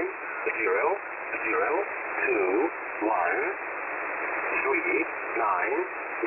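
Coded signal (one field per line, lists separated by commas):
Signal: numbers station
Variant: E07a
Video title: E07a On 5811 kHz USB February 25, 2021 05:50 UTC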